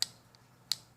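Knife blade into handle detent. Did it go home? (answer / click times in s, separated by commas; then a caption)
yes / 0.0 s, 0.7 s. The blade of a Gerber Edict folding knife is worked into its handle and locks into an intermediate half-stop detent, like a slip joint's half stop. Two sharp metallic clicks sound at 0.0 and 0.7 seconds, with a faint tick between them. The blade seats in the detent.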